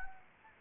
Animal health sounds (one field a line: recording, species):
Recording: mosquito wingbeat signal from an infrared sensor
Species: Anopheles gambiae